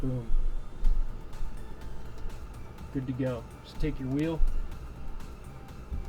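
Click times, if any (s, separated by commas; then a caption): none. A caster wheel from a Roomba robot vacuum, being cleaned and reassembled after the robot ran over dog waste, is picked up and lined up before its shaft is put into the gray hole of its socket. Someone talks over faint handling noise and low background sound. Nothing has seated or clicked yet.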